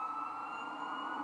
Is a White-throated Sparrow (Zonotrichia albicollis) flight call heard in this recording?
no